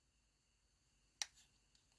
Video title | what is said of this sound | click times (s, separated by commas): Transformers Studio Series War For Cybertron Gamer Edition 04 Voyager Class Megatron | and by doing this the heel spurs will click into place with the front of the lower leg | 1.2 s